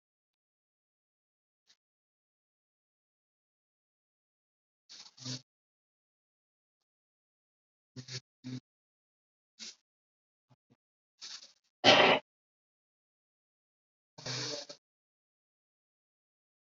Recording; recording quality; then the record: deep breathing; moderate, slight background noise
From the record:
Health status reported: COVID-19 positive, no symptoms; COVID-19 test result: positive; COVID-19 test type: RT-PCR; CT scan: not taken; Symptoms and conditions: none ticked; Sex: male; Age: 44 years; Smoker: yes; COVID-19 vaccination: both doses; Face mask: worn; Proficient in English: no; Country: India